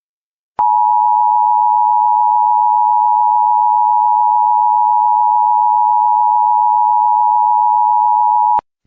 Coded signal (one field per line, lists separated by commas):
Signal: Emergency Alert System (SAME) tones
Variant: 853 and 960 Hz attention tone